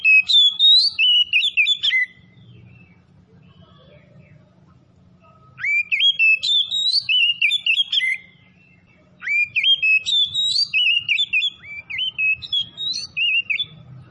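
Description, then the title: Oriental magpie-robin giving three energetic phrases of clear whistles, rapid chirps and slurs, separated by pauses of a few seconds over a low background hum. "Kacer Tretes"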